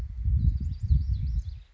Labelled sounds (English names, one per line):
Lazuli Bunting